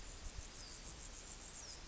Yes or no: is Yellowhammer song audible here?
no